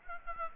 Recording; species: mosquito wingbeat signal from an infrared sensor; Aedes aegypti